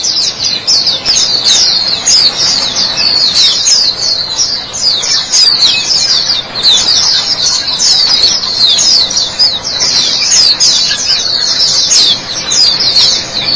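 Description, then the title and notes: White-eye twittering song, high and hurried, with clustered bursts of chirpy notes flowing almost without pause. "Kicauan Burung Pleci Durasi Panjang. Suara kicauan burung pleci"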